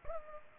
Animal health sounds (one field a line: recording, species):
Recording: mosquito wingbeat signal from an infrared sensor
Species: Culex pipiens